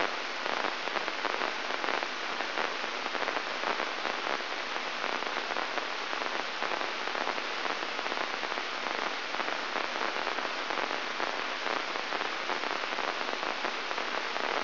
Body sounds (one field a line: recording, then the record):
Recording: brain microelectrode recording played as sound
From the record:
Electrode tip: inside the subthalamic nucleus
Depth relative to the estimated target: -1 mm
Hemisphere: right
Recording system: AlphaMap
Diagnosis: Parkinson's disease